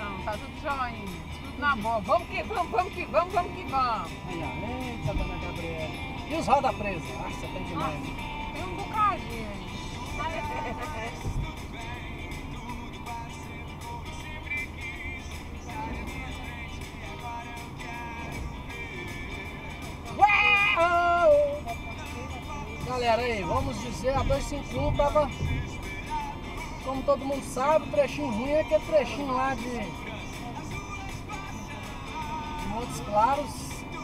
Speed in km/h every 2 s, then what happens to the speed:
79, 80, 87, 95, 92, 87, 83, 81, 83, 83, 82, 84, 91, 96, 95, 92, 92.
2-6 speeds up to 95. 6-13 slows to 81. 13-22 steady at about 83. 22-26 speeds up to 96. 26-34 steady at about 92.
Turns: none.